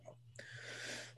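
One sharp burst, then a long harsh airy rush of breath: an adult's choking cough after sparkling water went down the wrong pipe.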